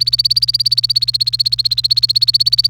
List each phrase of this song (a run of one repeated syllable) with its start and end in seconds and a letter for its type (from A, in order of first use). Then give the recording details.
0.00-2.69 A. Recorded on 28 April 2018 at 10:18. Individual llb3